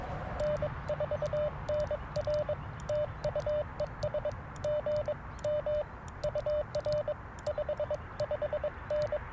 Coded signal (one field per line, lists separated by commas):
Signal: Morse code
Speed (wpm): 22 wpm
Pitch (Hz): 600 Hz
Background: radio noise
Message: N4NR TU ES GM UR 55N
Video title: FX-4CR First Impressions & Morning Morse Code - 11/21/2024